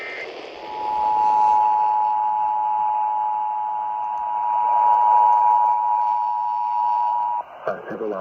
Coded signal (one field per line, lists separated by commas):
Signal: Emergency Alert System (SAME) tones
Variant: 853 and 960 Hz attention tone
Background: speech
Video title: [EAS #3131–#3137] San Diego RMT (10/2/24)